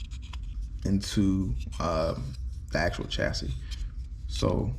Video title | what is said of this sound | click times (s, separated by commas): UNBOXING PARTS REVIEW - AMT 1/25 Scale 2017 Camaro FIFTY | um another thing i like about this kit the actual interior actually snaps into place | 0.3 s